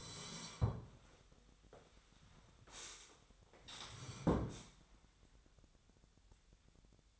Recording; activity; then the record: daily activity, microphone in the room; sit down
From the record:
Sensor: 3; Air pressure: 1015.2 hPa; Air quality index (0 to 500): 176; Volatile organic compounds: 15 ppm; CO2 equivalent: 2518 ppm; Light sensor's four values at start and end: 14/38/15/16 and 14/37/15/16